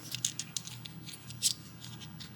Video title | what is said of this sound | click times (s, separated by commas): Video Review for Magic Square - MS-B53 - Night Tracer (Onslaught) | come on Snap there you go like this | 0.2 s